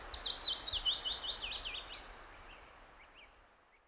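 Willow warbler singing a descending, liquid phrase of soft whistles lasting about two seconds, followed by fainter high twittering as the sound fades.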